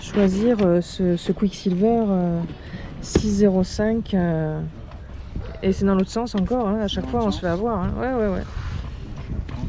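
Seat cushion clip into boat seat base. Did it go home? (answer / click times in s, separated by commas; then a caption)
yes / 9.5 s. Someone talks while turning a boat seat cushion on a 2019 Quicksilver Activ 605 Open the right way round, after first having it backwards, then presses the cushion's clip onto its mount on the seat base. A short click is heard at 9.5 s as the cushion clips into place and is seated.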